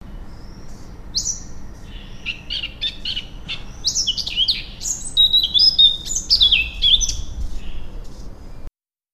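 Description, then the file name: Eurasian blackcap singing a varied warbling phrase of quick chattering notes building into clearer, fluty whistles toward the end, with faint low rumble beneath. "Sylvia atricapilla"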